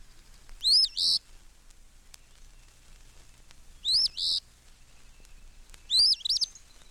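Eastern Phoebe singing three two-part phrases, each a slurred note followed by a rougher second note, a few seconds apart.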